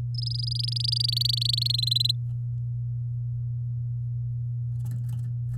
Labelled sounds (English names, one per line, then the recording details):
Domestic Canary song
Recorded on 8 May 2018 at 12:57
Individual llb16